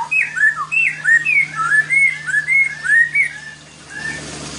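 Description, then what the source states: White-rumped shama song, clear whistled phrases sliding up and down in quick succession, with a steady low hum underneath. Song used as masteran, for training other birds to sing.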